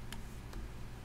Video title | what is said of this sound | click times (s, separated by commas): 2013 - 2024 Honda accord Cabin Filter replacement - Easy DIY | we're going to go ahead and close the glob box back in until it Clips on each corner | 0.1 s, 0.5 s